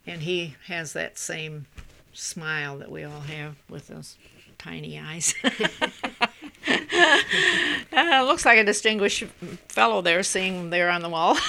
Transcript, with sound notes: And he has that same smile that we all have, with those tiny eyes. ( they laugh ) It looks like a distinguished fellow there, sitting there on the wall.